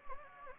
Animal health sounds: mosquito wingbeat signal from an infrared sensor; Anopheles gambiae

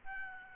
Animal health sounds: mosquito wingbeat signal from an infrared sensor; Aedes albopictus

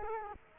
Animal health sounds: mosquito wingbeat signal from an infrared sensor; Culex quinquefasciatus

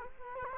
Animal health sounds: mosquito wingbeat signal from an infrared sensor; Culex quinquefasciatus

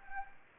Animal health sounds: mosquito wingbeat signal from an infrared sensor; Anopheles gambiae

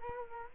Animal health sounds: mosquito wingbeat signal from an infrared sensor; Culex quinquefasciatus

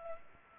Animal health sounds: mosquito wingbeat signal from an infrared sensor; Culex pipiens

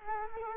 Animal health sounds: mosquito wingbeat signal from an infrared sensor; Culex quinquefasciatus

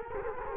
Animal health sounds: mosquito wingbeat signal from an infrared sensor; Culex quinquefasciatus

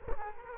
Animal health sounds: mosquito wingbeat signal from an infrared sensor; Culex quinquefasciatus

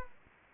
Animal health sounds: mosquito wingbeat signal from an infrared sensor; Anopheles gambiae

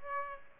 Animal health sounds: mosquito wingbeat signal from an infrared sensor; Aedes aegypti

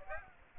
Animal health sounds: mosquito wingbeat signal from an infrared sensor; Aedes aegypti

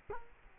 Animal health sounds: mosquito wingbeat signal from an infrared sensor; Culex quinquefasciatus

